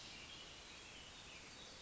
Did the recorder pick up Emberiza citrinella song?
no